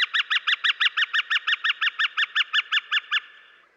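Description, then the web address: Gilded Flicker calling: a fast, even run of many sharp, ringing notes, stopping abruptly after about three seconds. Western North America. "Dan Gibson Wildlife Identification By Sound, Western North America. Gilded Flicker"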